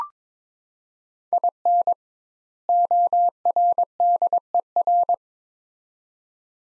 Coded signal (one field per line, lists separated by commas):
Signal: Morse code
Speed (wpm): 22 wpm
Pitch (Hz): 700 Hz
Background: none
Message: IN ORDER